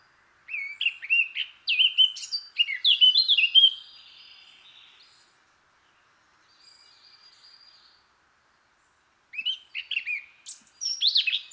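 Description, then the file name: Eurasian blackcap song in two bursts: a lively warble of mixed chattering and whistled notes, a quiet gap with faint high sounds, then another scratchy warble. "Sylvia atricapilla"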